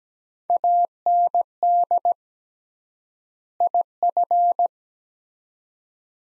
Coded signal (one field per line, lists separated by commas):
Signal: Morse code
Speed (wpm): 17 wpm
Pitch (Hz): 700 Hz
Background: none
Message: AND IF